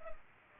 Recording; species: mosquito wingbeat signal from an infrared sensor; Culex pipiens